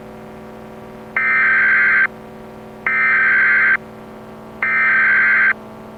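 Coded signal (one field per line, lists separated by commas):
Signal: Emergency Alert System (SAME) tones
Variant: header bursts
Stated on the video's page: Fictional EAS scenario about a missile threat, made by the creator with his father's help.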